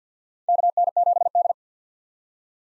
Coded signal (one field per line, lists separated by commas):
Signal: Morse code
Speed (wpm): 50 wpm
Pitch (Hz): 700 Hz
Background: none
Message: KN7D